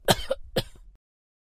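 Two short coughs from an adult.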